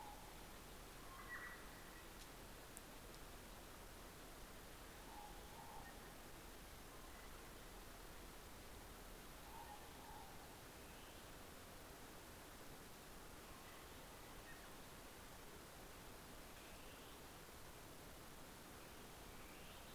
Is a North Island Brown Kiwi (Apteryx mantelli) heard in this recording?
no